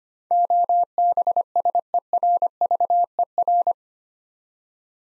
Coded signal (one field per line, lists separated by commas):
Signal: Morse code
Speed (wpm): 25 wpm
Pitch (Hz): 700 Hz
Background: none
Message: OBSERVER